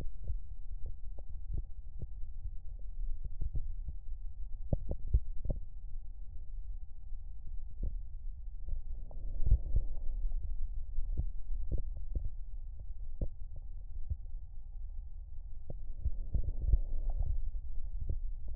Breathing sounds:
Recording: lung sounds by stethoscope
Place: left posterior basal chest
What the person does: quiet breathing, then deep breathing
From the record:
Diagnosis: asthma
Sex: female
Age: 66 years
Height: 172 cm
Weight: 76 kg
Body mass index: 25.7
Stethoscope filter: extended mode

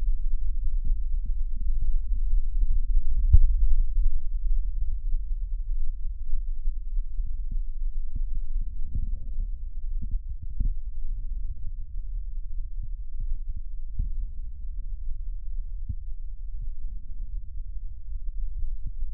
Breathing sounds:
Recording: lung sounds by stethoscope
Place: right posterior basal chest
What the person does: quiet breathing, then deep breathing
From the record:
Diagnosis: interstitial lung disease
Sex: female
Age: 60 years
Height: 154 cm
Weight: 68.1 kg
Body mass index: 28.7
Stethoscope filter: bell mode

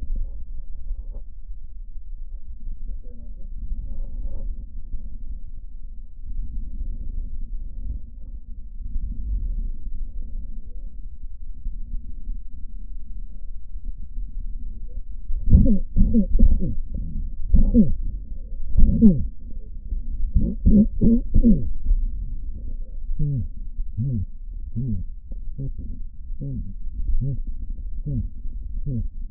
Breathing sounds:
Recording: lung sounds by stethoscope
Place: left posterior basal chest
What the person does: quiet breathing, then cough and speech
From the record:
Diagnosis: COPD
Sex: male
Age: 70 years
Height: 170 cm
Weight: 74 kg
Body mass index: 25.6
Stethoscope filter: diaphragm mode

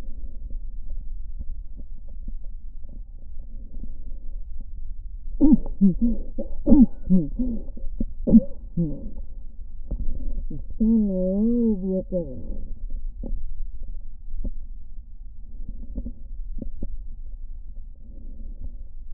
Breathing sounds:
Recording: lung sounds by stethoscope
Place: left posterior basal chest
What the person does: quiet breathing, then cough and speech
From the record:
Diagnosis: interstitial lung disease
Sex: female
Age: 74 years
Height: 150 cm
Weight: 69.8 kg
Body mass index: 31.0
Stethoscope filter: diaphragm mode

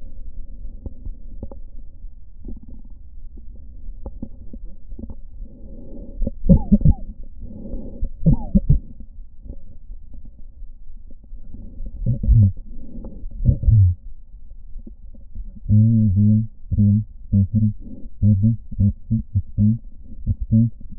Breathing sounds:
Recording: lung sounds by stethoscope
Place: right posterior basal chest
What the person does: quiet breathing, then cough and speech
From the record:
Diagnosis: none (healthy)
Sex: male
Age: 29 years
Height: 180 cm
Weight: 100 kg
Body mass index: 30.9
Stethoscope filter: diaphragm mode

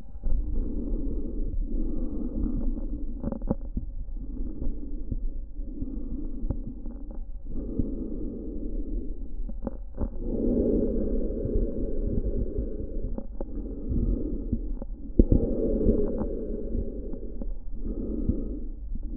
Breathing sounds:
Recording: lung sounds by stethoscope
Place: trachea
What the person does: quiet breathing, then deep breathing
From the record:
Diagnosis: COPD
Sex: male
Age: 65 years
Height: 162 cm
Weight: 67.8 kg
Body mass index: 25.8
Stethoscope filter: diaphragm mode

